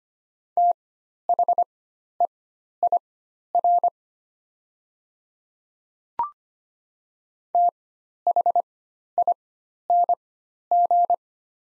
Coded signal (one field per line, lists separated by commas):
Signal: Morse code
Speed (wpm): 25 wpm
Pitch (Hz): 700 Hz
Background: none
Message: THEIR THING